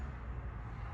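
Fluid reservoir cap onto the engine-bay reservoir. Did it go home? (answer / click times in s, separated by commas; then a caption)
no / none. A plastic fluid reservoir cap is being twisted closed onto the reservoir in a BMW engine bay. Only a steady low rumble and broadband noise are heard, with no sharp transients. Nothing has clicked or locked yet.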